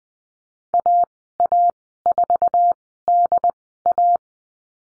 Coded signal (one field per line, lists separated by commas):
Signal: Morse code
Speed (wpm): 20 wpm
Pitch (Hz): 700 Hz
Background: none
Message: AA4DA